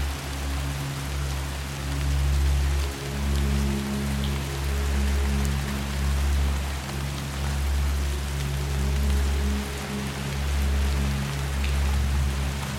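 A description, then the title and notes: Steady rain hisses evenly throughout, layered over a deep, sustained low drone with slow swells and faint higher tones drifting in and out. Rain Drone. This steady, calming rain blended with ambient music creates a droning, lulling ambiance.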